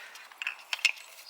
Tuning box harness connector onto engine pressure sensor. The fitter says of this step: that should just click in there got a head the clips a little click sound so that